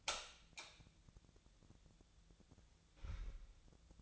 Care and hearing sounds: daily activity, microphone in the room; light on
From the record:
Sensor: 3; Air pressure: 1000.0 hPa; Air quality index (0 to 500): 124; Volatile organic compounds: 2 ppm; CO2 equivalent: 1108 ppm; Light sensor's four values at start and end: 36/92/39/43 and 39/99/42/46

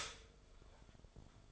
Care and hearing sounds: daily activity, microphone in the room; stop toaster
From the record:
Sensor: 5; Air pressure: 1014.8 hPa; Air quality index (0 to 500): 206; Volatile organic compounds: 9 ppm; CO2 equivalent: 2193 ppm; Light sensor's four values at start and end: 14/32/12/11 and 14/32/12/11

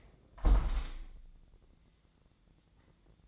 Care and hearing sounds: daily activity, microphone in the room; close window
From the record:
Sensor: 3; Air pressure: 1012.3 hPa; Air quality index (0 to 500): 105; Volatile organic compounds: 1 ppm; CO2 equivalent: 830 ppm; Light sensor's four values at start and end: 178/428/175/162 and 178/427/174/161

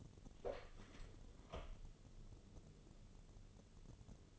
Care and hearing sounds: daily activity, microphone in the room; open door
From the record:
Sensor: 4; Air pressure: 1016.0 hPa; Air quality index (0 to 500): 200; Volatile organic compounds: 11 ppm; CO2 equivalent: 2282 ppm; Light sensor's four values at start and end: 9/20/8/7 and 9/20/8/7

